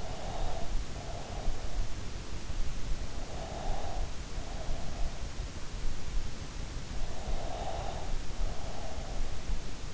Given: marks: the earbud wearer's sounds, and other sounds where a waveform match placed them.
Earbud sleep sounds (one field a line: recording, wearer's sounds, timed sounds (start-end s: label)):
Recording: sounds in sleep by an in-ear microphone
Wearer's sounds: breath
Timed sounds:
0.00-1.53 s: breath
3.31-5.19 s: breath
7.14-9.42 s: breath